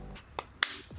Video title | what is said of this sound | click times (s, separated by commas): 【Insta360 Ace Pro】旅の記録はこれ一つで完結！夜でも高画質な多機能万能アクションカメラ | Nó khớp vào vị trí nên tôi không nghĩ nó sẽ rơi ra | 0.4 s, 0.6 s